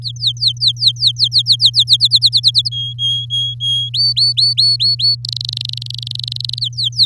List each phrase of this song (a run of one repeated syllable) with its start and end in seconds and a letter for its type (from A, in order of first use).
0.02-1.97 A, 1.99-2.69 B, 2.71-3.90 C, 3.94-5.15 D, 5.24-6.59 E, 6.61-7.05 A